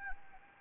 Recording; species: mosquito wingbeat signal from an infrared sensor; Anopheles gambiae